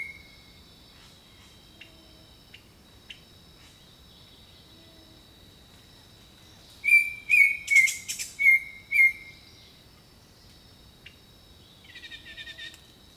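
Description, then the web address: Bird song: a quick run of several clear, level whistles, then a buzzy chatter, with scattered clicks and a constant high insect hum. Jungle birdsong. "Echoes of Nature - Jungle Talk Jungle Birdsong"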